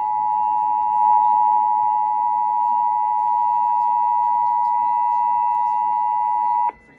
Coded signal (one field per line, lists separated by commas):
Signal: Emergency Alert System (SAME) tones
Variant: 853 and 960 Hz attention tone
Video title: EAS #882 IL Monthly Test on WSCR